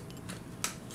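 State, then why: Seated. A shoulder part is fitted into its locking button joint on a plastic Steel Legend SL-01 Rise Project (Kshatriya) transforming robot figure while a button is pressed to make sure it locks. One sharp click is heard at 0.6 seconds, and the part is locked in place.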